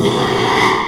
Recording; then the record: squeal of a Yucatan mini pig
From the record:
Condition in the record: after surgery on the right vocal fold (resection and tissue-engineered implant); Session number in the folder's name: 1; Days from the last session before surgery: 6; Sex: male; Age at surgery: 12 weeks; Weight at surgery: 13 kg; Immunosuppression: cyclosporine, prednisolone